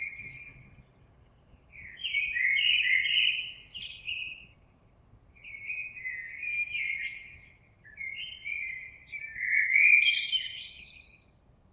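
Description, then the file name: Common blackbird song, four fluty warbling phrases with short pauses, some closing in high-pitched twitters, over a low rumbling background. Recorded on 26 April 2022. "Merle 2022 04 26"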